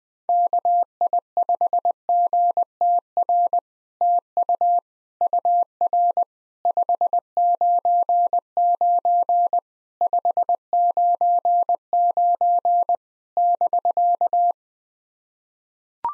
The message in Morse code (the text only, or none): KI5GTR TU UR 599 599 <BK>